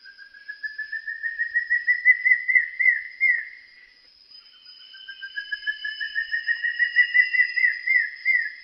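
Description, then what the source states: Bird calls: long series of rapid whistled notes rising slowly in pitch, repeated in two phrases with a short pause between, over a steady high insect-like tone. In Peru.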